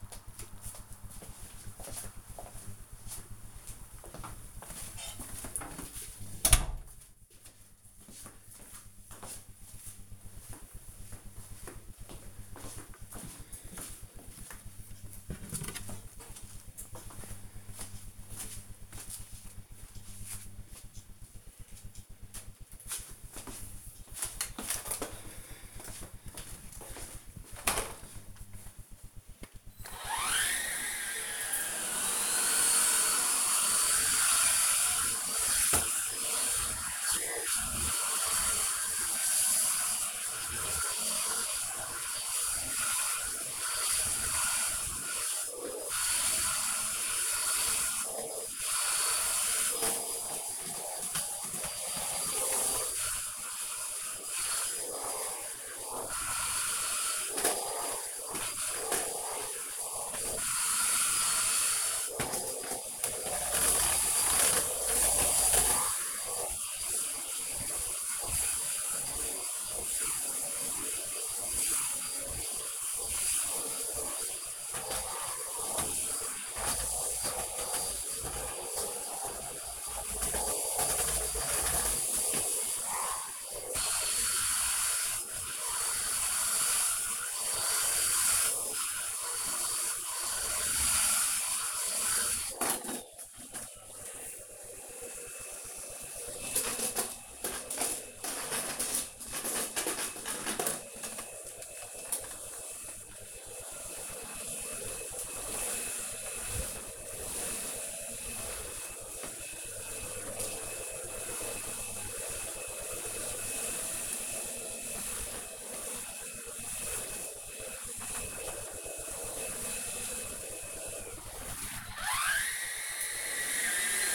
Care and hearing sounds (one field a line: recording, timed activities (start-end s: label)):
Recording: household activities, microphone on the right wrist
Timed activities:
25.55-124.15 s: vacuum cleaning